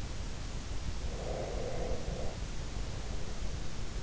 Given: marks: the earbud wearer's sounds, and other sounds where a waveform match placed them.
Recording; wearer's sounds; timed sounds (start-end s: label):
sounds in sleep by an in-ear microphone; breath
1.17-3.90 s: breath